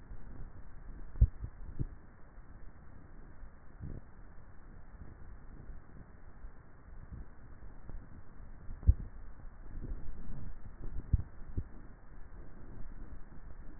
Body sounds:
swallowing sounds by neck microphone; 3
0.82-1.85 s: swallow
8.42-9.93 s: swallow
11.02-11.62 s: swallow
From the record:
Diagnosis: dysphagia

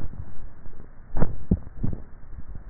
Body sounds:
swallowing sounds by neck microphone; 1
1.12-2.02 s: swallow
From the record:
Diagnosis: dysphagia

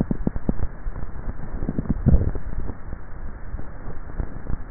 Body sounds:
swallowing sounds by neck microphone; 1
1.85-2.68 s: swallow
From the record:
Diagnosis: dysphagia

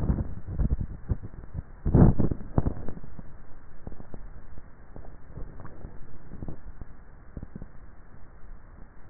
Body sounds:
swallowing sounds by neck microphone; 1
5.42-6.78 s: swallow
From the record:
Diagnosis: dysphagia

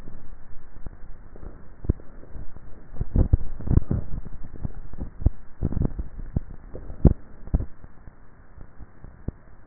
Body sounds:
swallowing sounds by neck microphone; 2
2.88-3.72 s: swallow
5.55-6.82 s: swallow
From the record:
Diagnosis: dysphagia

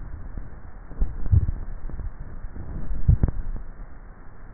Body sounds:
swallowing sounds by neck microphone; 2
1.17-1.90 s: swallow
2.93-3.77 s: swallow
From the record:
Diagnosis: dysphagia

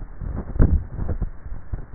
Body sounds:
swallowing sounds by neck microphone; 1
0.50-1.40 s: swallow
From the record:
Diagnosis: dysphagia

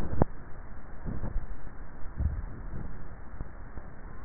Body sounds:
swallowing sounds by neck microphone; 1
1.98-2.92 s: swallow
From the record:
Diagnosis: dysphagia

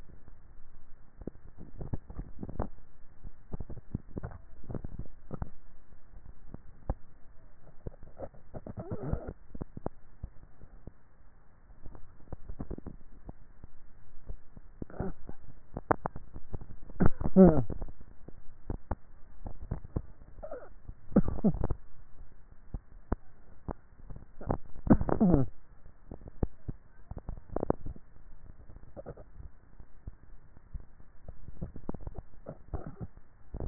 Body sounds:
swallowing sounds by neck microphone; 4
1.58-2.92 s: swallow
4.05-4.92 s: swallow
19.52-20.48 s: swallow
31.28-32.85 s: swallow
From the record:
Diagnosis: dysphagia

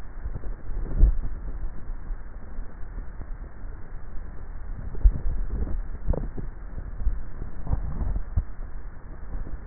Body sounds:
swallowing sounds by neck microphone; 3
0.88-1.98 s: swallow
4.78-5.65 s: swallow
6.92-7.95 s: swallow
From the record:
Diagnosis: dysphagia

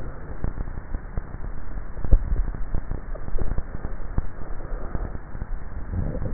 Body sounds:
swallowing sounds by neck microphone; 1
1.92-3.12 s: swallow
From the record:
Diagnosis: dysphagia

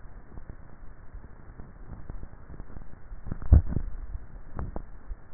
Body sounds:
swallowing sounds by neck microphone; 1
3.23-4.57 s: swallow
From the record:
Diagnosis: dysphagia

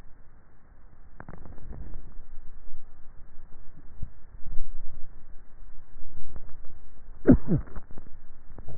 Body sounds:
swallowing sounds by neck microphone; 1
3.82-4.55 s: swallow
From the record:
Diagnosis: dysphagia

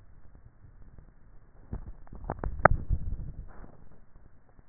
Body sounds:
swallowing sounds by neck microphone; 1
2.72-3.68 s: swallow
From the record:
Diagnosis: dysphagia

